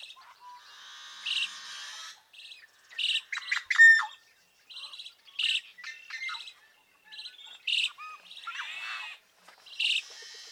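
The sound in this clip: Yellow-headed Blackbird song: clucking notes followed by buzzy screeches and strained rasping trills, repeated several times.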